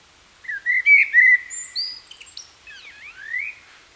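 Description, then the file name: Common blackbird song: loud, rich, fluty whistles followed by softer, thin rising and falling squeaky notes, forming one warbling phrase. "Turdus merula"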